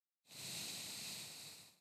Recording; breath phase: one breath near a microphone; exhalation